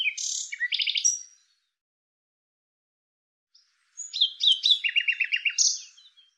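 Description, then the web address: Common Nightingale song: two loud phrases of rapid repeated notes, including fast trills and buzzy rattles, separated by a long silence. "Deverinetal 2025"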